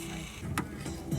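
A fuel line is pushed onto the fuel pump fitting, and a short, sharp click sounds at 0.6 s over a steady low background hum. The fuel line is seated and connected to the pump.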